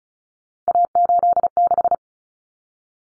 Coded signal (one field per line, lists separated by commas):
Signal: Morse code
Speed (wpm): 34 wpm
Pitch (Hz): 700 Hz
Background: none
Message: A86